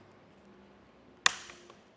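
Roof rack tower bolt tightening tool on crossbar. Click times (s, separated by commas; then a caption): 1.3 s. The included torque-limiting tool tightens the bolts under a Yakima RidgeLine roof rack tower that clamp it to the crossbar, for flush rails on a 2023 Jeep Grand Cherokee. After quiet background, one sharp click sounds at 1.3 s, followed by a faint tick at about 1.7 s. The click means the tool has reached its setting and the bolt is fully tight.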